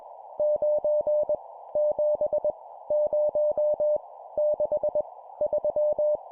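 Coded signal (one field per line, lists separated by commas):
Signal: Morse code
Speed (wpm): 20 wpm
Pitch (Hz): 600 Hz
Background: none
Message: 9 7 0 6 3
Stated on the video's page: Random-number Morse drill at 20 wpm for building CW copy speed.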